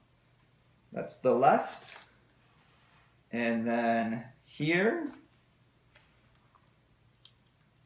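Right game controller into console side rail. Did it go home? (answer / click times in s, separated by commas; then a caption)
no / none. Someone talks while the right Joy-Con controller is handled toward the other side rail of a Nintendo Switch console, followed by a few faint, brief ticks. Nothing has seated or clicked yet.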